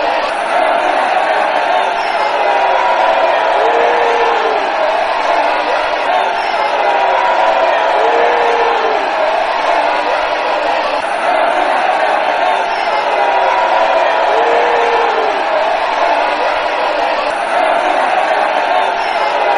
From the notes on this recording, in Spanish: el sonido de un abucheo boo